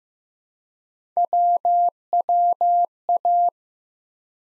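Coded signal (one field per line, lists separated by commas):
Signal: Morse code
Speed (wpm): 15 wpm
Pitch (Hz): 700 Hz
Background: none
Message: WWA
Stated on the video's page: Morse code head-copy drill of ARRL section abbreviations used in Field Day contest exchanges, sent at 15 wpm, each sent twice.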